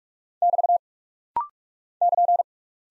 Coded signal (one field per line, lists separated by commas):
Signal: Morse code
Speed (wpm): 46 wpm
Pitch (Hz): 700 Hz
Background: none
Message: <BT> <KN>